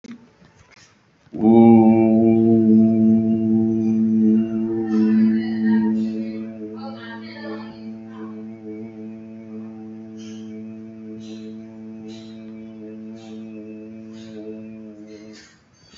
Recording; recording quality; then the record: sustained vowel as in boot; excellent, no background noise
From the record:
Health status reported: respiratory illness, not identified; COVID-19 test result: negative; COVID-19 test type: RT-PCR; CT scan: not taken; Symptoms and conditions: breathing difficulty, fatigue, another respiratory illness, hypertension, diabetes, another condition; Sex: male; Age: 55 years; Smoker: yes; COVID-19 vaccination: both doses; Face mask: worn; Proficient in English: yes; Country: India